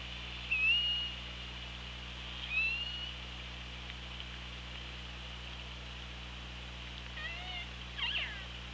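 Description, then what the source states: Killer whale calls: a few short whistled tones, some rising, then a cluster of fainter sweeping tones near the end, over steady hum. Underwater hydrophone at OrcaLab, 24 August 2017, 18:15:49.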